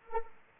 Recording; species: mosquito wingbeat signal from an infrared sensor; Anopheles arabiensis